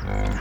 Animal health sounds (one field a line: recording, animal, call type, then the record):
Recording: contact call of a hoofed animal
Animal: wild boar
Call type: grunt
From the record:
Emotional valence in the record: positive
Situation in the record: food anticipation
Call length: 0.41 s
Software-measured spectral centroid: 1890 Hz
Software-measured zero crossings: 800 a second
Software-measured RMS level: -24 dBFS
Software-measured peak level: -13 dBFS